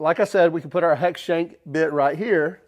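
A metal hex shank bit is being brought to the quick-release hex holder of a drill/driver head while someone talks throughout. The clip ends just before the bit goes in, so nothing has seated or clicked yet.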